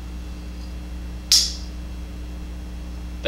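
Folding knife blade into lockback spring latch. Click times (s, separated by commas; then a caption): 1.3 s. A Magnum by Boker Lord Model 01MB790DAM lockback folding knife is opened, and its blade snaps into the locked position with a sharp, bright click at 1.3 s as the back spring latches into the notch on the blade tang. The blade stays locked so it cannot fold until the back lock is released. A steady low hum runs underneath, and another sound starts just as the clip ends.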